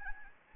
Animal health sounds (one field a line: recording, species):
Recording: mosquito wingbeat signal from an infrared sensor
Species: Anopheles gambiae